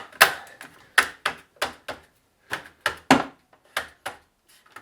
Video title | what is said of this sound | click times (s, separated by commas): How to tune ms41 ECUs (BMW m52/s52 engines): changing bigger injectors | now this should just snap in place. | 1.0 s, 3.1 s